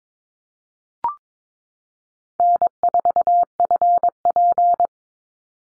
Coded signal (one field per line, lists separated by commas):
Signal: Morse code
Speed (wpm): 22 wpm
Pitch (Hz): 700 Hz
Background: none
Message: N4FP